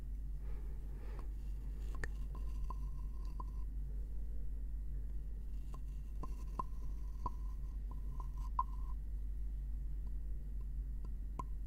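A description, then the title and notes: Gentle tapping on wood, with sharp, separate taps scattered through the clip, a few at around 2, 6 to 7 and 11 seconds. Between them come brief bursts of soft scratching and light rubbing, over a steady low hum that runs throughout. ASMR gentle Wood Triggers - tapping & scratching.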